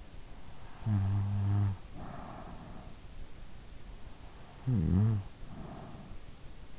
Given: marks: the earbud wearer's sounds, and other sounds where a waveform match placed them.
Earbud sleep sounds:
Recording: sounds in sleep by an in-ear microphone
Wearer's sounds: snoring breath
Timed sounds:
0.61-2.98 s: snoring breath
4.61-6.38 s: snoring breath

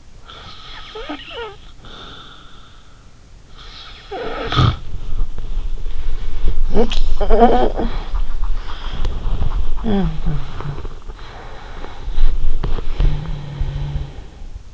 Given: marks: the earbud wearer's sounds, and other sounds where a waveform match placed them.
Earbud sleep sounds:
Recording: sounds in sleep by an in-ear microphone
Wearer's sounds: snoring breath, body movement, talking in sleep, breath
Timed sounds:
0.19-2.95 s: snoring breath
3.49-5.06 s: snoring breath
5.02-14.74 s: body movement
6.55-7.85 s: talking in sleep
9.82-10.79 s: talking in sleep
11.17-12.61 s: breath
12.61-14.16 s: talking in sleep

